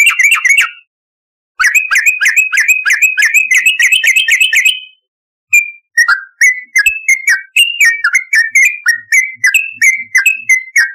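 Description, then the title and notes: Yellow-vented bulbul: a fast, dense rattle of repeated whistled notes, a pause, then varied bubbling phrases. "Trucukan. Kicau Burung"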